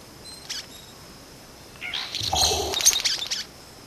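Vogelkop bowerbird giving a burst of harsh, scratchy chattering notes over about a second and a half, after a brief faint note near the start, with a steady high background hiss.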